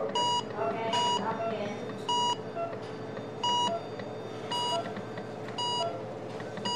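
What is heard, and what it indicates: A steady electronic beep repeats about once a second, roughly 55 times a minute, over a hospital ventilator running in a room with indistinct staff conversation. It is equipment in ordinary operation.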